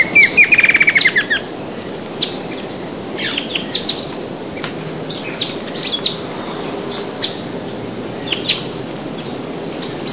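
Bird song: a quick descending series of sweet, slurred notes in the first second and a half, then only faint scattered chirps over steady hissing background noise.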